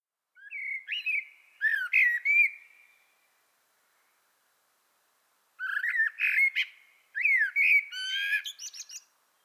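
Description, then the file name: Common blackbird: a melodious whistled phrase, a pause, then two more warbling phrases in quick succession, ending in high tinkling notes. "Turdus merula"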